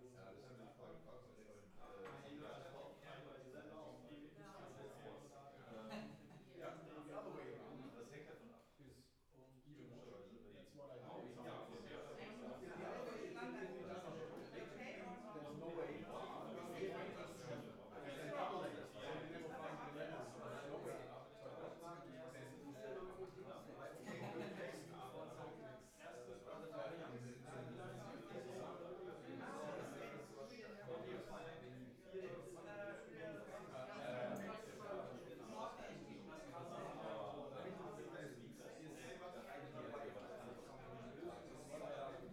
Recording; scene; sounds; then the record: everyday scene through a hearing-aid microphone; many people talking; many voices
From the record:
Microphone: behind the ear, left, front